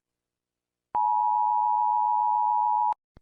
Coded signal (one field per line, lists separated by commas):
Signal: Emergency Alert System (SAME) tones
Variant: 853 and 960 Hz attention tone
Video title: EAS Alarms 1